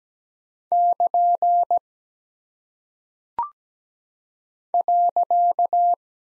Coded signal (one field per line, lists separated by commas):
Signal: Morse code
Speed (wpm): 17 wpm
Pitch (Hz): 700 Hz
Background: none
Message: <KN> .